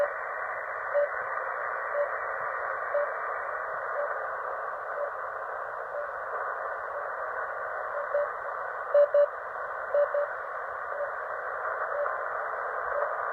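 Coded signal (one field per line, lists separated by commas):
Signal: radio time signal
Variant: RWM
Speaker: I'm receiving RWM Moscow on 9.996 megahertz, which is a 5 kilowatt transmission, not quite as strong as 14.996. And it's just come back on.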